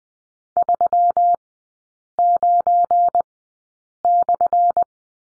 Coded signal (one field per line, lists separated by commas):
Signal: Morse code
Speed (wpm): 20 wpm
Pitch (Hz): 700 Hz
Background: none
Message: 39/